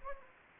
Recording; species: mosquito wingbeat signal from an infrared sensor; Anopheles gambiae